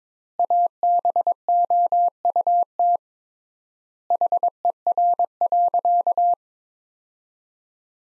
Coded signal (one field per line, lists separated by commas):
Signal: Morse code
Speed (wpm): 22 wpm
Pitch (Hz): 700 Hz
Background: none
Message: ABOUT HER.